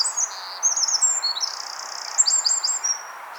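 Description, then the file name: Eurasian wren song, a short run of thin, high notes and quick buzzing trills, bright and continuous. "Troglodytes troglodytes"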